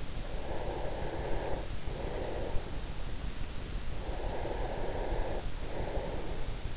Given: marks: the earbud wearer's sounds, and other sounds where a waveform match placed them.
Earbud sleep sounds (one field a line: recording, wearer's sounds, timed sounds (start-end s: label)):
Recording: sounds in sleep by an in-ear microphone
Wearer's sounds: breath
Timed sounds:
0.09-3.11 s: breath
3.69-6.77 s: breath